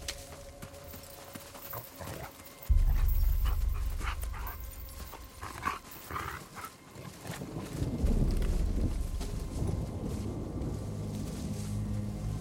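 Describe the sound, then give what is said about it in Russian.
Dogs on leashes pant and whimper in short, breathy bursts as they pull people through undergrowth, over rustling and scattered footfalls, while a steady low rumble swells in partway through and grows heavier near the end. “Собаки тянут за повод, ведя людей через заросли.”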